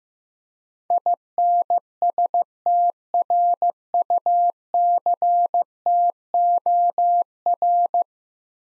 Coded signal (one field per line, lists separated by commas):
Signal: Morse code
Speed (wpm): 16 wpm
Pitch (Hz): 700 Hz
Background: none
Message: INSTRUCTOR